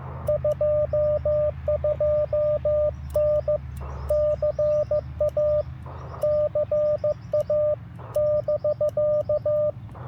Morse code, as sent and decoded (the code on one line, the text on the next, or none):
..--- ..--- -. / -.-. .- / -.-. .- / -...-.-
22N CA CA <BK>